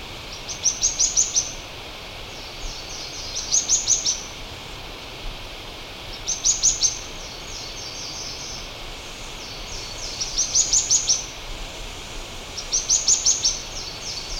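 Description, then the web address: Streaked xenops song: five short bursts of rapid, very high, sharp notes, each about a second long and repeated roughly every three seconds, with quiet hiss between them. Recorded in Ecuador. "Birds of Ecuador. Streaked Xenops"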